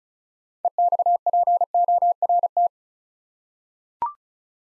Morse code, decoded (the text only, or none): EXPORT